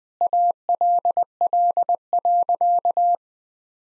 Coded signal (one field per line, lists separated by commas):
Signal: Morse code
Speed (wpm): 19 wpm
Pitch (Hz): 700 Hz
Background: none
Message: ALL.